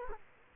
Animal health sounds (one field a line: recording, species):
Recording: mosquito wingbeat signal from an infrared sensor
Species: Culex quinquefasciatus